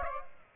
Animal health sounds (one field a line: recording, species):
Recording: mosquito wingbeat signal from an infrared sensor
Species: Aedes aegypti